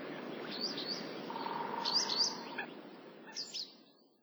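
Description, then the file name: Japanese wagtail calls, a few scattered high chirps over a low hum and hiss. Recorded in Nasu, Japan, on 12 March 2009. "seguroseki 090312 nasu hirano"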